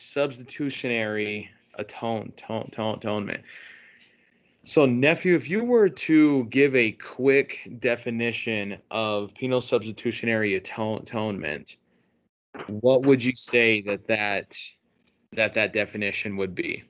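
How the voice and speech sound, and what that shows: An adult man asks a question in conversational speech and repeats a part-word sound several times in "atonement" ("a-to-to-to-tonement"), and again briefly when he says the word a second time. Later he repeats "that the, that the" around a short pause. These repetitions fit stuttering.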